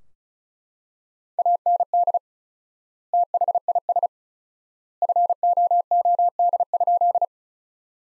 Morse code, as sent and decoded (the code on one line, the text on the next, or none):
.- -. -.. / - .... .. ... / ..-. --- --- -.. ..--..
AND THIS FOOD?